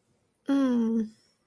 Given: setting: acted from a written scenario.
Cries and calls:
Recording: vocal sound without words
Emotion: guilt

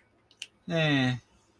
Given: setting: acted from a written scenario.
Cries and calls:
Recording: vocal sound without words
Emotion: neutral

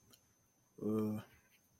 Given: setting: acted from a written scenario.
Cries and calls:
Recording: vocal sound without words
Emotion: neutral

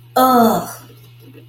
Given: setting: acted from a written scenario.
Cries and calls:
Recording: vocal sound without words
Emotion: disgust

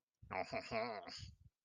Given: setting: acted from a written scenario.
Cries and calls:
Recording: vocal sound without words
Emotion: romantic love

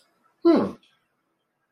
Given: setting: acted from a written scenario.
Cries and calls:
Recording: vocal sound without words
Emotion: pride

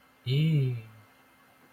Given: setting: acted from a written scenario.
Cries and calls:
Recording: vocal sound without words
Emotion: contentment

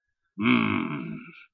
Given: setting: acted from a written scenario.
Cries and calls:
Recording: vocal sound without words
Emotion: anger

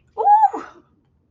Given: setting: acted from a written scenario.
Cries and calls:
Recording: vocal sound without words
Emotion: distress

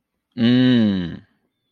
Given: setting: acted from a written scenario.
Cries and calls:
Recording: vocal sound without words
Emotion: desire

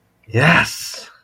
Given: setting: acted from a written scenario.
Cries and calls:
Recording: vocal sound without words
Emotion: elation

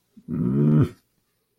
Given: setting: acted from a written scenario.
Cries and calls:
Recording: vocal sound without words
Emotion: shame

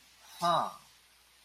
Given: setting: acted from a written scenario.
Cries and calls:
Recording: vocal sound without words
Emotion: interest

